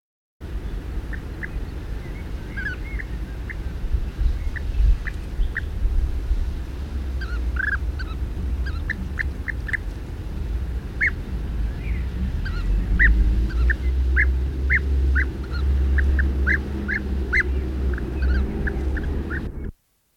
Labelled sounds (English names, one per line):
European Bee-eater call